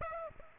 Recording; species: mosquito wingbeat signal from an infrared sensor; Aedes aegypti